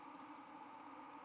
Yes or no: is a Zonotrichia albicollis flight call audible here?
no